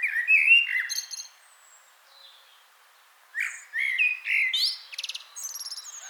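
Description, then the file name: Common blackbird song: a low fluted warble, a pause, then a second phrase ending in high squeaky twitters and rapid chattering notes. "Turdus merula"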